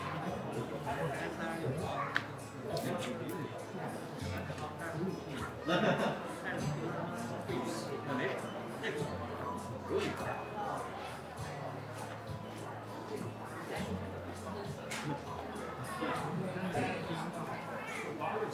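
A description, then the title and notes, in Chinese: A crowd murmurs in an Apple store in Sanlitun, Beijing, at eight in the evening. Many voices overlap in a steady, dense chatter with no single speaker standing out. Short clicks and knocks surface now and then, and a low hum runs underneath throughout. 晚上八点的Apple店｜城市声音。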